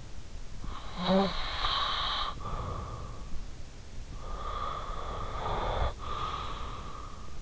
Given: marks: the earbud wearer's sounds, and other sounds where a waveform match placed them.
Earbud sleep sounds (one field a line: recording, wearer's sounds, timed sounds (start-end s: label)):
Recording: sounds in sleep by an in-ear microphone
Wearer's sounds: breath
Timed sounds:
0.22-7.42 s: breath